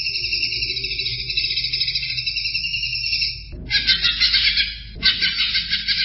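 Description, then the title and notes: Greater green leafbird song: a sustained, shimmering, buzzy trill, then harsher rattling bursts, against a steady noisy background hum. Described as a champion songbird. "Kicau Burung Cucak Ijo Juara. Suara kicauan burung cucak ijo"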